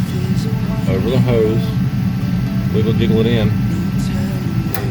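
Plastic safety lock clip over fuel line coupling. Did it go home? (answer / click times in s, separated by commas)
yes / 4.8 s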